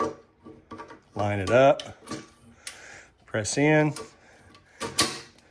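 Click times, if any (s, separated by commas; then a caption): 5.0 s. A plastic handle/top piece is lined up with its holes on the frame of a Ryobi 2500 PSI 1.2 GPM electric pressure washer (RY142500) and pressed in. Someone talks while short knocks and rubs are heard. A sharp click at 5.0 s marks the piece latching and locking in place.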